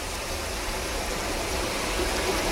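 water flowing

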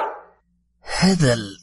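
dog barking

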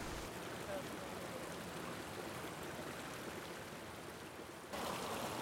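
flowing river water

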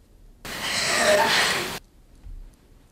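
labored breathing

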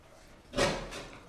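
front door being opened

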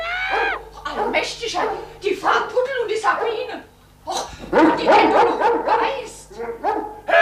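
dog barking

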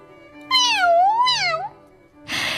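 cat meowing

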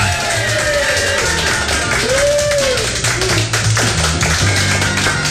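audience applause sound effect

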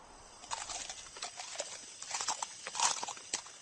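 horses' hooves clip-clopping

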